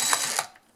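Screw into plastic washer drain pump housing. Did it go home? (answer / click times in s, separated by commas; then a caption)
no / none. A screw going back into the plastic housing of a washing machine drain pump is turned counterclockwise by hand, so its thread can find the existing thread without stripping the plastic. Two short ratchety bursts of handling noise near 0.1 s and 0.4 s fade out within a second. Nothing has seated or clicked yet: the screw has not dropped into its thread.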